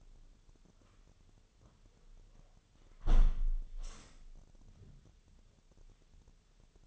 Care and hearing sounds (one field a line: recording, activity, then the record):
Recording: daily activity, microphone in the room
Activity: close window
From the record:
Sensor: 4